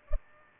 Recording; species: mosquito wingbeat signal from an infrared sensor; Culex pipiens